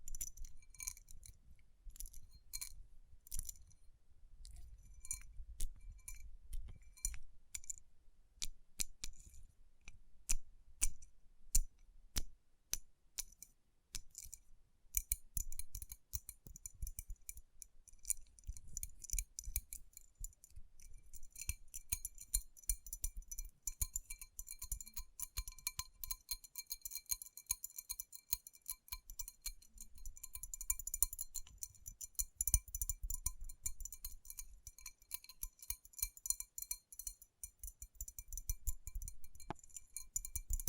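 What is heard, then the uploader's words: Fingertips tap and rub over rhinestone-covered palms, making a dense stream of tiny bright clicks and glassy chinks. Sharp isolated taps stand out in the first fifteen seconds, then the sound turns into busier, steadier scratchy rubbing with faint low thumps underneath. Tapping & Rubbing Rhinestone Covered Palms.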